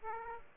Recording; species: mosquito wingbeat signal from an infrared sensor; Aedes aegypti